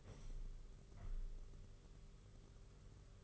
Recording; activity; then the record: daily activity, microphone in the room; open window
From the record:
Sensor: 4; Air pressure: 991.2 hPa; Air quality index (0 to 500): 154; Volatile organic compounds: 107 ppm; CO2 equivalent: 3798 ppm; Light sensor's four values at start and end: 6/14/5/6 and 6/15/5/6